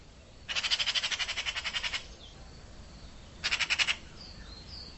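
Bird calls as rapid buzzy rattles: a longer train of pulses lasting about a second and a half, then a shorter burst, with faint high whistled notes afterward.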